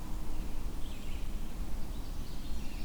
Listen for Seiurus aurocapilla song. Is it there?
no